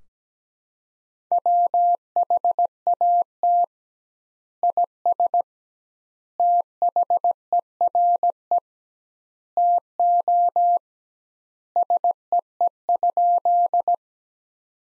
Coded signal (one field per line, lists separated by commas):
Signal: Morse code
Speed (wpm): 17 wpm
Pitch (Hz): 700 Hz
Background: none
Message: WHAT IS THERE TO SEE?